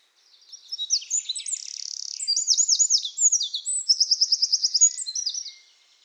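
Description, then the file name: Eurasian wren song: one long, loud, very high run of buzzy notes, looping phrases and a quick rattling trill lasting about five seconds. "Troglodytes troglodytes"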